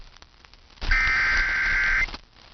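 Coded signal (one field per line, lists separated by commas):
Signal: Emergency Alert System (SAME) tones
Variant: header bursts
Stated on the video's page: EAS alerts received on a KiwiSDR.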